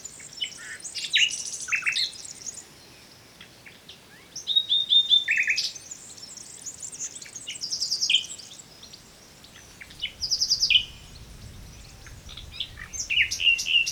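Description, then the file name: Common nightingale song in varied bursts of whistles, dry clicks and quick repeated notes, with pauses of a second or two between phrases. "Luscinia megarhynchos"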